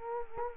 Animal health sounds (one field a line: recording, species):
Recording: mosquito wingbeat signal from an infrared sensor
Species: Culex quinquefasciatus